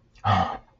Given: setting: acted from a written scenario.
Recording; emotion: vocal sound without words; fear